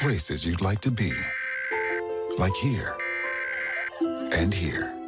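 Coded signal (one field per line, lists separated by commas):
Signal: Emergency Alert System (SAME) tones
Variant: header bursts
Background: speech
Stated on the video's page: National EAS test as aired on Miami and Orlando TV stations, plus a Wireless Emergency Alert received on a phone.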